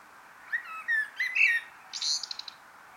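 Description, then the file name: Eurasian blackbird song phrase: mellow fluted notes rising and falling, then a thin, high, rapidly stuttered twitter to close. "Turdus merula"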